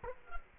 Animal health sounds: mosquito wingbeat signal from an infrared sensor; Culex quinquefasciatus

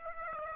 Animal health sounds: mosquito wingbeat signal from an infrared sensor; Aedes aegypti

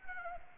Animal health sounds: mosquito wingbeat signal from an infrared sensor; Anopheles arabiensis

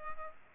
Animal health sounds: mosquito wingbeat signal from an infrared sensor; Culex pipiens

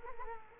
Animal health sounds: mosquito wingbeat signal from an infrared sensor; Culex quinquefasciatus

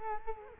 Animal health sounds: mosquito wingbeat signal from an infrared sensor; Culex quinquefasciatus

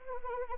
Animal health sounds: mosquito wingbeat signal from an infrared sensor; Anopheles arabiensis

